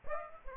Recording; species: mosquito wingbeat signal from an infrared sensor; Aedes aegypti